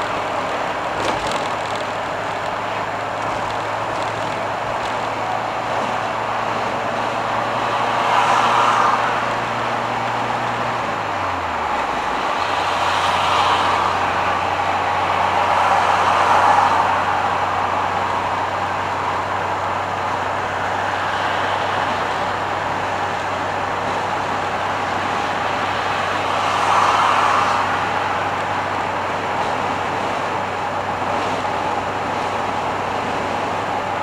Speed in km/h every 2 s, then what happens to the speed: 74, 76, 79, 80, 83, 82, 82, 83, 84, 85, 85, 86, 86, 86, 86, 86, 87.
0-8 speeds up to 83. 8-34 steady at about 85.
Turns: none.